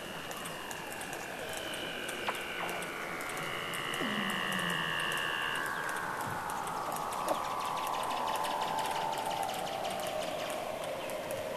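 Weddell seal underwater vocalizations: several long gliding whistles descending slowly throughout, layered over one another, with a background of fine ticking crackle.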